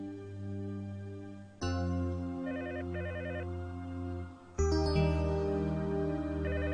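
A telephone rings with a steady electronic tone, its pattern shifting and growing louder in two abrupt steps, with quick repeated beeping figures layered on top. No one speaks.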